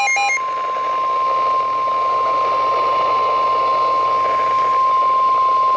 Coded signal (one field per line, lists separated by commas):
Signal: Emergency Alert System (SAME) tones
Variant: 1050 Hz attention tone